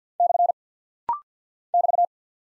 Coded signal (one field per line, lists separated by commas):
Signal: Morse code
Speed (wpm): 50 wpm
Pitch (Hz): 700 Hz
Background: none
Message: / <BT>